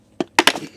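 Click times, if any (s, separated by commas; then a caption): 0.4 s. The plastic top charging section of a Mova Lidax Ultra 1000 robot lawn mower's charging station is pushed down onto its plastic bottom base plate, and it seats. A first knock lands at 0.2 s, then a sharp click at 0.4 s as the top snaps in, followed by another knock and rattling. Someone talks.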